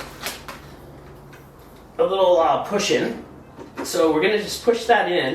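A spring-loaded pin on the folding stem clip of a Razor EcoSmart Metro electric scooter is pushed in during assembly so the part can slide down. Two brief handling knocks come at about 0.3 and 0.5 seconds, then someone talks from about 2.0 seconds to the end. Nothing has seated or clicked yet.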